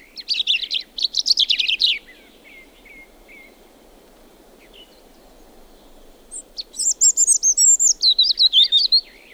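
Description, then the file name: European robin singing two phrases. A trilling, tumbling opening is followed after a pause by a high, wavering warble of thin whistled notes. "punarind"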